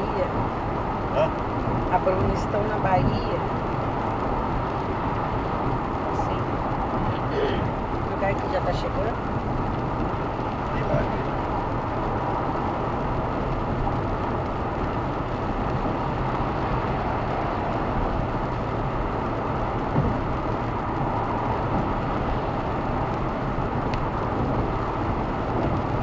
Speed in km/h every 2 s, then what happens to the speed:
130, 132, 130, 129, 129, 131, 132, 132, 132, 132, 132, 131, 130.
0-26 steady at about 131.